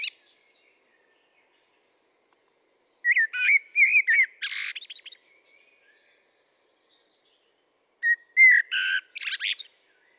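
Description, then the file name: Common blackbird singing two separate phrases, each opening with rich, fluty whistles and finishing in a high, scratchy twitter, divided by a few seconds of silence. "Turdus merula"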